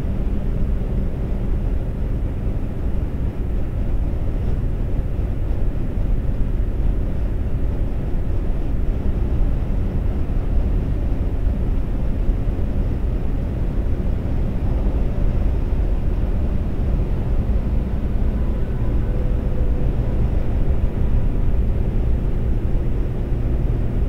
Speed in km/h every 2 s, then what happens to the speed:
127, 129, 129, 129, 129, 127, 127, 127, 126, 126, 126, 127.
0-24 steady at about 127.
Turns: none.